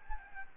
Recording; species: mosquito wingbeat signal from an infrared sensor; Aedes albopictus